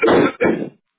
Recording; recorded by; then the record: voluntary cough; telephone call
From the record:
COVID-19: positive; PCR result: self-reported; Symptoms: no